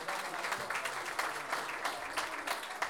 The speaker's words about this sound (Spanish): Y por supuesto que pedimos un aplauso para los que no quedaron, ¿cierto? Porque también, como decíamos, detalles.